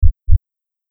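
Two deep, dull thumps about a quarter second apart make a single lub-dub heartbeat, followed by silence. No extra sounds or murmur stand out.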